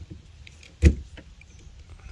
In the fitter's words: there we go that's clicked on